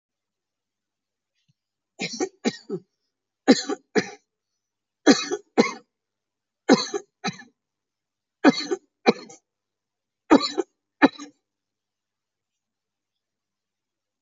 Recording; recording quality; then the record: shallow voluntary cough; excellent, no background noise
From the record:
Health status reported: COVID-19 positive, moderate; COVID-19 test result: positive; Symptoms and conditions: cough, cold, breathing difficulty, sore throat, fever, fatigue, diabetes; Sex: male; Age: 45 years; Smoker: not ticked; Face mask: worn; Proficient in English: yes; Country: India